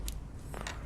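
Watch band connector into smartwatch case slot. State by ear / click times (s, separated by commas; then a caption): seated / 0.1 s. The connector of a Carterjett army green woven nylon watch band is slid into the band slot of an Apple Watch case. It snaps into place with a sharp click at 0.1 s, followed by a few softer clicks and scrapes around 0.6–0.9 s. The band is seated.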